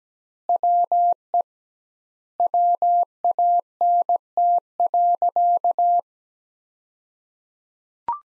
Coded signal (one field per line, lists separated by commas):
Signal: Morse code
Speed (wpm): 17 wpm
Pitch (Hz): 700 Hz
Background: none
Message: WE WANT.